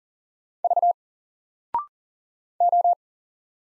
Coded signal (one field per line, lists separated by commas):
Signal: Morse code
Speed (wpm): 40 wpm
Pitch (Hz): 700 Hz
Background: none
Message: V O